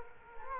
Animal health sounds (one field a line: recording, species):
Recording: mosquito wingbeat signal from an infrared sensor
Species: Culex quinquefasciatus